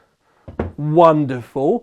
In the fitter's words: uh gullies over here you get the pins in and then you slide it forward and that's just how it uh locks into place